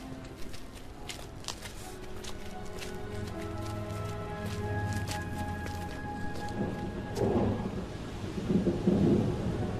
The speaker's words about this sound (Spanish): Tormenta, madre.